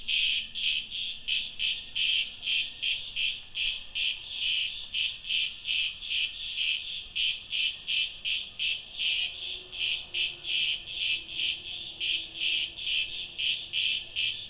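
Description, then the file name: Cicada buzzing in shrill pulses repeating rapidly, roughly two and a half per second, steady and unbroken. "cigarras"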